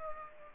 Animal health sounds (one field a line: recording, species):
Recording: mosquito wingbeat signal from an infrared sensor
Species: Aedes aegypti